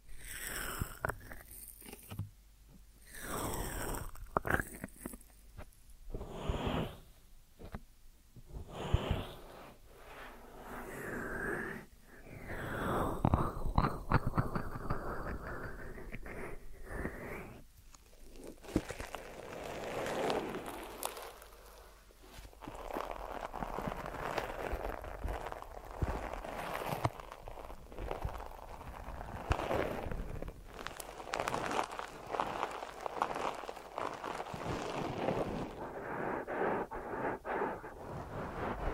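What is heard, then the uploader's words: Ear massage sounds: soft rubbing and crackling strokes, with sharp taps and bursts packed in during the first eighteen seconds. After that the texture turns into a denser, steady rustling and scratching that carries on to the end with small swells. ASMR Deep Ear Massage for Sleep(No Talking).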